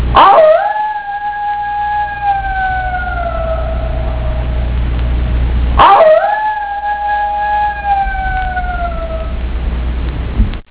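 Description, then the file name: Coyote howls twice, each with a brief rising start into a long, smooth tone that slowly falls and fades, about six seconds apart, over a steady low hum. "KOJOTE"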